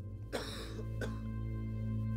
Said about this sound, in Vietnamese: Tam gia thở dài, ho sù sụ, một hồi mới lên tiếng đáp